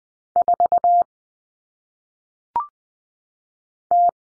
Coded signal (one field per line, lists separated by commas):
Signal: Morse code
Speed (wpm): 20 wpm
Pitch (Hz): 700 Hz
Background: none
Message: 4 T